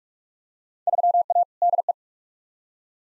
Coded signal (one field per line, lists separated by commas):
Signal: Morse code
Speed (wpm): 46 wpm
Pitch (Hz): 700 Hz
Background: none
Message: 3A DE